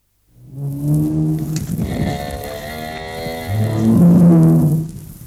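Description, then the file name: Bull bellowing, a deep harmonic low that swells, dips briefly, then rises again into a loud, drawn-out moo. "Stier Sound Cloud Beeld en Geluid"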